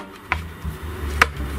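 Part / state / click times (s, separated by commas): plastic crocodile cover onto RC toy base / seated / 0.3 s, 1.2 s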